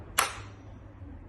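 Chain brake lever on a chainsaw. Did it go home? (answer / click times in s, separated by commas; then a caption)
yes / 0.2 s. The chain brake lever on a cordless Parkside chainsaw is pushed on, as it would engage in an accident, and snaps into its locked position with one sharp click at 0.2 s. The click rings briefly and fades over a quiet low hum, and the chain is then blocked.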